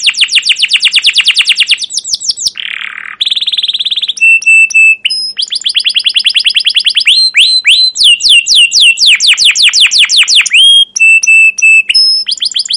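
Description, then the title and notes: Canary song, loud and high: rapid repeated downward-sweeping notes, a brief harsher buzzy phrase, then steady metallic tones and more fast chirping rolls. Caged canary song used as a lure and tutor recording for training young canaries to learn the sound; described as long continuous chirping song, 'cuit cuit ngerol'. "CUIT CUIT NGEROL LANGSUNG GACOR PANJANG Kenari Ini AMPUH Utk Pancingan KENAR. PANCINGAN Kenari GACOR PANJANG Cuit CUIT EMOSI ini AMPUH utk MASTERAN Kenari PAUD belajar BUNYI. burung kenari"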